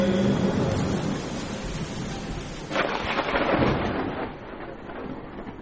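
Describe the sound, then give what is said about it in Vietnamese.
Steady, dense rain hisses through a cold, windy storm, with a louder rushing surge about halfway through before it settles back to a constant downpour. No voices. “Giữa lạnh lẽo mưa gió, mụ vợ điếng hồn khi thấy chồng nằm ngất lịm ngoài bậc cửa.”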